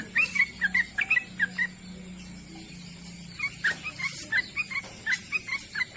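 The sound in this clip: Bird song of short bright chirps in two bursts separated by a quiet gap, with a steady high hiss and a faint low hum underneath.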